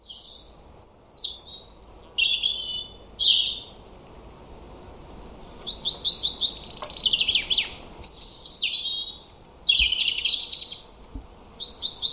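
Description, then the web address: European robin singing varied high phrases of whistles, trills and quick descending notes, with a pause of about two seconds after the first phrase. "Deverinetal 2025 File origin Bird Only Er Ru"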